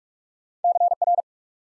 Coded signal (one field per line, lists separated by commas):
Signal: Morse code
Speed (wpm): 44 wpm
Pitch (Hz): 700 Hz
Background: none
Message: C R